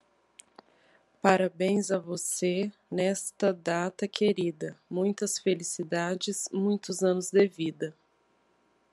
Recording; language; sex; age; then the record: short text; Brazilian Portuguese; female; 30 to 39 years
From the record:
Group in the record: control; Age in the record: 35 years